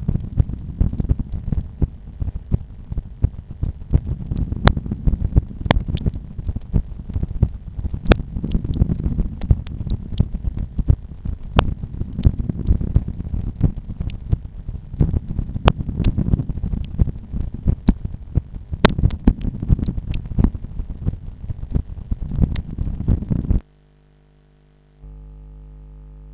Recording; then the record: heart sounds by stethoscope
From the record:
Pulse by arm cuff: 83 bpm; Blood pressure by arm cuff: 133/90 mmHg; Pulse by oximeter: 89 bpm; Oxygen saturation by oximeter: 99%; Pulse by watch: 86 bpm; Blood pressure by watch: 114/75 mmHg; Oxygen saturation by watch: 97%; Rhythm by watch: sinus rhythm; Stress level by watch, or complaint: low stress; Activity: after 5 min smoking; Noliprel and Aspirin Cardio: no pills today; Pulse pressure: 43 mmHg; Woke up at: 7:00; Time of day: 8:30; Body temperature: 36.6 C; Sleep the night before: 8 h 5 min, score 54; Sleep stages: REM 28%, light 57%, deep 5%, awake 10%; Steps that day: 9800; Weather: cloudy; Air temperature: 15.9 C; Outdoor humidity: 92%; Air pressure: 1011 hPa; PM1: 5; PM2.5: 8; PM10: 10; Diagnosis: hypertension, treated with Noliprel and Aspirin Cardio 100 mg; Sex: male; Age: 53 years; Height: 174 cm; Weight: 81 kg